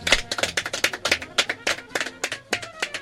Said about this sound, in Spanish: Y que se reitere otro aplauso para los muchachos